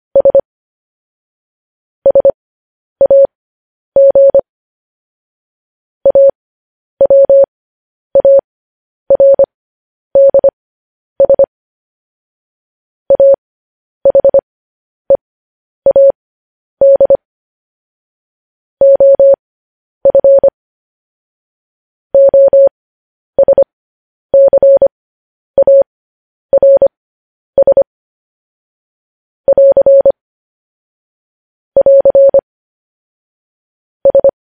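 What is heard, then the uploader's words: Morse code tapped out as a clean, steady tone of middling pitch, broken into short dots and longer dashes with clear silences between letters and words. The keying runs irregularly but continuously for the whole stretch, with no other sounds behind it. Morse code.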